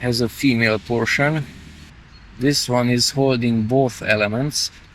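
Someone talks while handling the two halves of a plastic handlebar protector and bike stand that clip around a bicycle handlebar end, one half with a male element and the other with a female portion. Only speech and faint background are heard, with no click. Nothing has seated or clicked yet.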